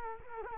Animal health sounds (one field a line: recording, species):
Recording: mosquito wingbeat signal from an infrared sensor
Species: Culex quinquefasciatus